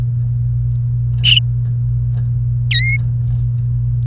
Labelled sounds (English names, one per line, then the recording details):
Domestic Canary song
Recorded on 28 April 2018 at 11:28
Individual llb3